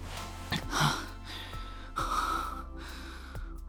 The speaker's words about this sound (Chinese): 长长的一吻结束，两个人都有些喘息。